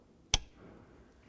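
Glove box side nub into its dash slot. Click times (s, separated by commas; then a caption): 0.3 s. On a 2002–2006 Honda CR-V, the nub on the passenger side of the plastic glove box is slid into its slot in the dash housing and latched in. A single sharp click is heard at 0.3 seconds over quiet background noise, and the glove box is seated.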